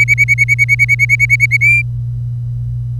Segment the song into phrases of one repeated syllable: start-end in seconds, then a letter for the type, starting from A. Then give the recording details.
0.00-1.57 A, 1.61-1.82 B. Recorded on 25 April 2018 at 09:34. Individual llb3